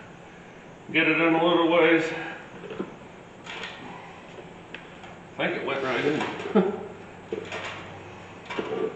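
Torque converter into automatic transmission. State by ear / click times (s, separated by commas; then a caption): partly seated / 4.8 s. A torque converter is pushed onto the input shaft of the automatic transmission during an LQ4 engine install in a 1979 Chevy C10 SWB, where it should engage in three steps, like three clicks. While someone talks, a single sharp tick is heard at about 4.8 s, marking one step in. The converter still has to seat all the way.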